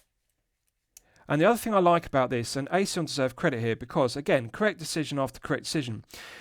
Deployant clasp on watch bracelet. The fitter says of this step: Snap sharp with a nice positive click.